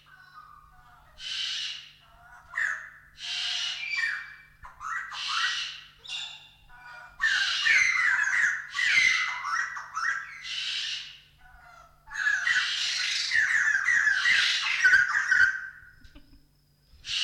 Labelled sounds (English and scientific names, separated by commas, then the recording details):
White-crested Laughingthrush (Garrulax leucolophus)
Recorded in captivity
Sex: pair
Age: adult
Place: Zoo Halle, Sachsen-Anhalt, DE
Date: 1993-04-26
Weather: heiter, 26 °C
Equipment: Sony WM-D6C, Sony ECM-939 LT, Kopie Uher Variocord 263
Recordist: Tembrock, Günter